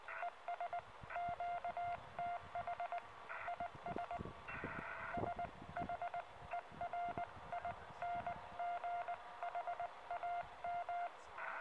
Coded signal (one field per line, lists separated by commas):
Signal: Morse code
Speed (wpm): 19 wpm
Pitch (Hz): 700 Hz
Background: none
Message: ES QTH IS SHERINGHAM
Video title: QRP amateur radio on Beeston Bump, Norfolk